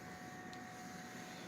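A flow sensor from an infant circuit kit is handled and lined up on a nitric oxide delivery device before being pushed on. A steady broadband hum with constant tones near 700 Hz and 1.9 kHz runs throughout, with a faint brief high-frequency swish around 0.5 s. Nothing has seated or clicked yet.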